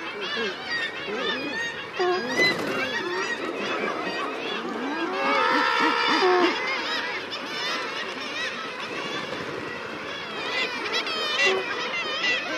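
Common murres in a noisy colony, dense overlapping groaning and growling calls with some higher wavering cries, a continuous chorus of many birds.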